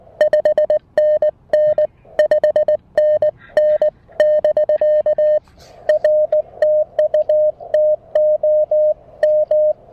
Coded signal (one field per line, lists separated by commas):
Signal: Morse code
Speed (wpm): 19 wpm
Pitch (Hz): 610 Hz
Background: none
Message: 5NN 5NN <BK> R TU TOM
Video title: A quick Emtech ZM-2 manual ATU tutorial and POTA activation with the Mountain Topper MTR-4B!